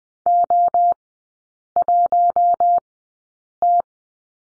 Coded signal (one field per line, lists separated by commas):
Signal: Morse code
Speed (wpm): 20 wpm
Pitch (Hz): 700 Hz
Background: none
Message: O1T